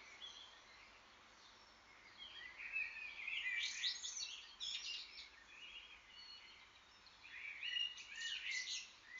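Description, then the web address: Birds in chorus, a few seconds of near quiet, then bursts of high twittering and whistled phrases overlapping, with a steady soft background hiss. Morning chorus. "Bird Sound Collectors Bird Sounds Best Of Birds 05 Morning Chorus Birds"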